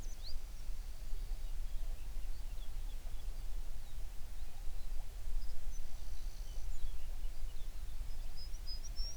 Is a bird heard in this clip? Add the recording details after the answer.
yes. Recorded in the Prudhoe Bay oil fields, Alaska, on 11 June 2019 at 04:34. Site 21